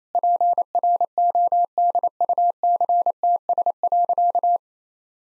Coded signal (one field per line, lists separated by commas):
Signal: Morse code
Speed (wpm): 28 wpm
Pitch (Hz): 700 Hz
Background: none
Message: PRODUCTS.